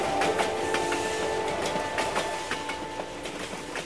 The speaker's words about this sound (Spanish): Y podía oír así el ferrocarril de una locomotora trepando los cerros increíbles.